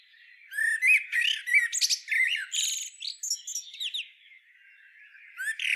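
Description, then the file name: Common blackbird giving a run of warbled and squeaky notes, then faint twitters before one last loud note. "Turdus merula"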